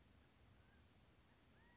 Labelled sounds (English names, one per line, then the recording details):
California Quail
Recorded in Sonoma County, California